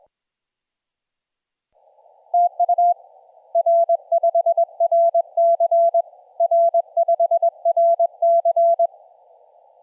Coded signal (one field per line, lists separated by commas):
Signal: Morse code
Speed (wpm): 21 wpm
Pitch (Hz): 680 Hz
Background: none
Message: TU R5RC R5RC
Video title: 9N7CI - IU1DOF on 15m CW